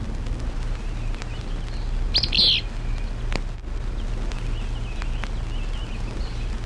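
Traill's Flycatcher giving a single short, sharp high call about two seconds in, over a steady low hum and faint background noise.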